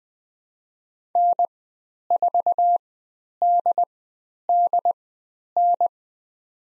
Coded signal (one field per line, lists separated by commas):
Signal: Morse code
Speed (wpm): 21 wpm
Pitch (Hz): 700 Hz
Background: none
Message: N4DDN